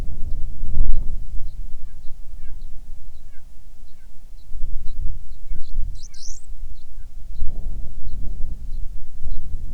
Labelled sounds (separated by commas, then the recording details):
bird, wind
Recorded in the Arctic National Wildlife Refuge, Alaska, on 9 July 2019 at 22:24
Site 48